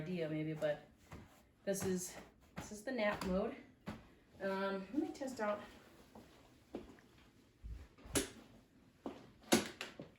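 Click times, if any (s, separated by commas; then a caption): none. Someone talks, then pushes the nap-mode locking part on a Gladly Family Anthem4 stroller wagon to set it into nap mode, producing a few short knocks and rattles near the end. The part does not click into place, and nothing has seated or clicked yet.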